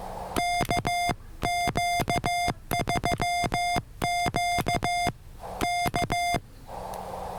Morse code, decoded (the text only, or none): KQ3Q K